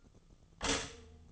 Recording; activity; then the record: daily activity, microphone in the room; stop toaster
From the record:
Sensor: 4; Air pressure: 1010.0 hPa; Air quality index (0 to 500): 182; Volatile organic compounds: 6 ppm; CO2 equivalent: 1843 ppm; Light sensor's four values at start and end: 22/67/26/26 and 22/67/26/26